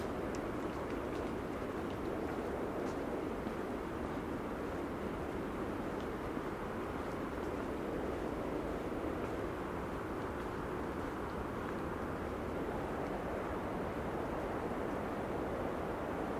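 A steady, dense roar at Cape Disappointment on the Pacific coast of Washington, heaviest in the low and middle range, like constant surf or wind. The level barely changes across the sixteen seconds, with only a few faint, light ticks scattered above.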